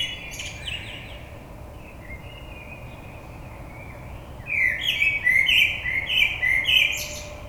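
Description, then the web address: Common blackbird song: a rich, wavering whistled phrase, then a quieter pause, then a livelier burst of fluty notes laced with high squeaky chirps. 22 May 2022. "oiseaux Merle 2022 05 22"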